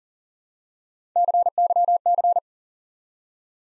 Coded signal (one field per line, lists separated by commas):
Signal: Morse code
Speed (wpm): 40 wpm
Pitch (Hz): 700 Hz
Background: none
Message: CYC